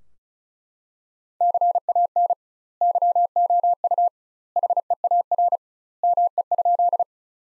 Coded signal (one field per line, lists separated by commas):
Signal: Morse code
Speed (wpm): 34 wpm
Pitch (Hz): 700 Hz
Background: none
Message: CAN YOU HEAR ME?